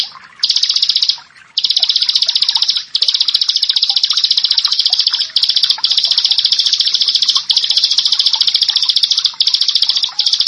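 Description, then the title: Prinia song: a loud, buzzy, very rapid high trill held for long stretches, with brief gaps splitting it into bursts. "Ciblek Sawah"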